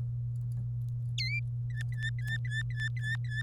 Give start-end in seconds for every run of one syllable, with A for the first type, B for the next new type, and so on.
1.18-1.40 A, 1.70-3.42 B